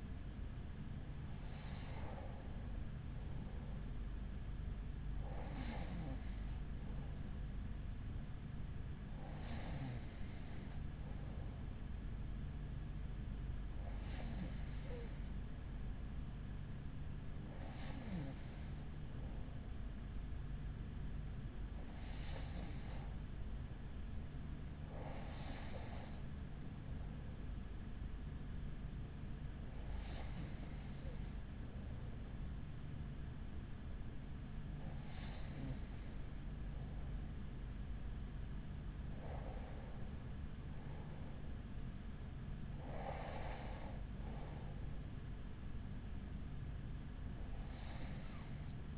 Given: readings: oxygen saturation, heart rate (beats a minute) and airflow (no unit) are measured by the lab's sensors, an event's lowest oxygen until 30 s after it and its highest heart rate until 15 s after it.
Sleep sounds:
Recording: breathing in sleep by a smartphone at the bedside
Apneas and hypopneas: none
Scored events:
none scored
From the record:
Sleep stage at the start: N2 (light sleep)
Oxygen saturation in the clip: 92 to 93%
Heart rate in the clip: 43 to 49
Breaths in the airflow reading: 11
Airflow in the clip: -6.0 to 5.9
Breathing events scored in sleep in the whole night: 207 in 7.6 hours asleep

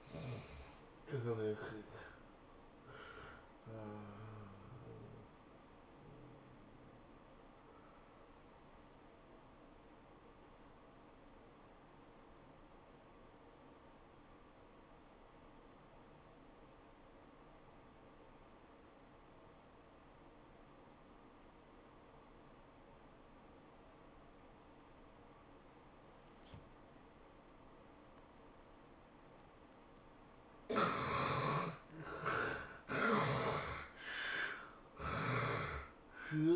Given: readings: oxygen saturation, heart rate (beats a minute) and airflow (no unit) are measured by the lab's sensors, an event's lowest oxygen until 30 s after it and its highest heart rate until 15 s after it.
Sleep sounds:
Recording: breathing in sleep by a voice recorder at the bedside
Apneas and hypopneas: 1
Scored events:
5.00-31.40 s: obstructive apnea (N1, oxygen 94% highest, then 74% lowest, heart rate 105 at the start, 108 highest)
From the record:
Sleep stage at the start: N1 (lightest sleep)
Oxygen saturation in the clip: 69 to 94%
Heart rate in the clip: 81 to 110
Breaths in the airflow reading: 4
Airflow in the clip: -7.3 to 13.7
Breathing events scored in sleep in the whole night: 403 in 5.5 hours asleep

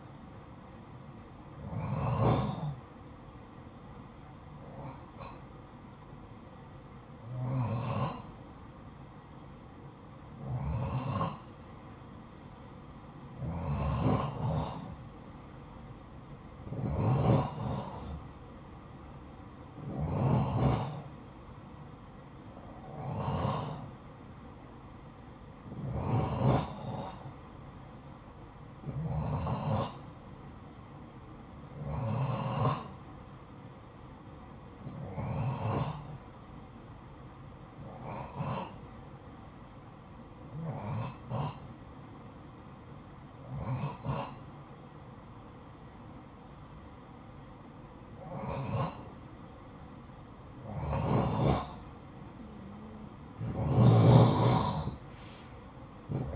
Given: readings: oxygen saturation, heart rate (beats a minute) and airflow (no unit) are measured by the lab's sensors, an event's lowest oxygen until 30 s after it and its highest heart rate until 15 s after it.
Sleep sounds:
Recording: breathing in sleep by a smartphone at the bedside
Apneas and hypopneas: 1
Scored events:
5.00-52.10 s: hypopnea (N2, oxygen 92% highest, then 89% lowest, heart rate 57 at the start, 60 highest)
From the record:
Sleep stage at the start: N2 (light sleep)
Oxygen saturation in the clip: 88 to 92%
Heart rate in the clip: 51 to 59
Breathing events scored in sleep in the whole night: 573 in 9.8 hours asleep

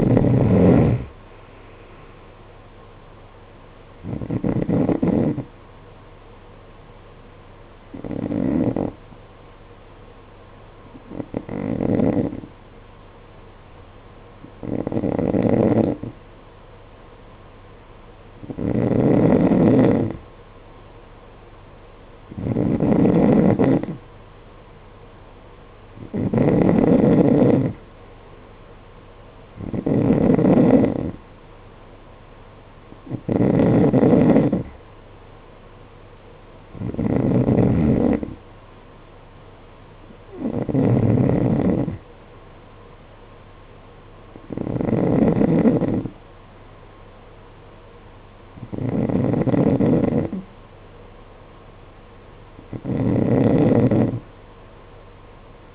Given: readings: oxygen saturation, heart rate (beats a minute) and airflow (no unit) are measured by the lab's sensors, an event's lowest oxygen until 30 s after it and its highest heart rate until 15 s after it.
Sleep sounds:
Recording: breathing in sleep by a voice recorder at the bedside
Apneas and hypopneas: none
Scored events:
none scored
From the record:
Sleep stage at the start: N3 (deep sleep)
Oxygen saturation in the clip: 90 to 93%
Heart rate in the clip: 52 to 63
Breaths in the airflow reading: 14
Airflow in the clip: -12.7 to 14.0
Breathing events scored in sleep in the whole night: 476 in 9.7 hours asleep

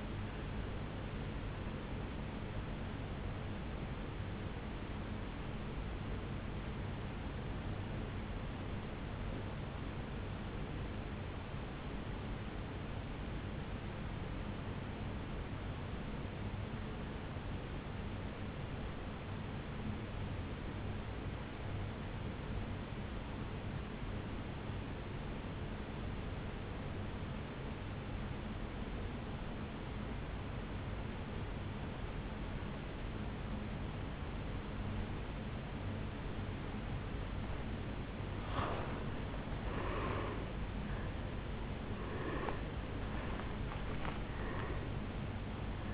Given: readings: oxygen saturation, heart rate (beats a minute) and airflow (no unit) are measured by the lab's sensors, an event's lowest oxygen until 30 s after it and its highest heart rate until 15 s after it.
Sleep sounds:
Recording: breathing in sleep by a voice recorder at the bedside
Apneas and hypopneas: 1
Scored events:
9.00-38.90 s: obstructive apnea (N2, oxygen 97% highest, then 83% lowest, heart rate 57 at the start, 76 highest)
29.00-45.94 s: new sleep stage, N1 (lightest sleep)
From the record:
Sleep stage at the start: N2 (light sleep)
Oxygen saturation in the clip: 87 to 97%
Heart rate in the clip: 55 to 74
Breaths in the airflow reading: 4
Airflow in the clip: -8.3 to 6.8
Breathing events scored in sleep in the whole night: 449 in 7.0 hours asleep

